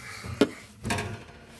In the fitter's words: and we're just going to connect it to this little black spout and we just push it on until we hear a click and that's it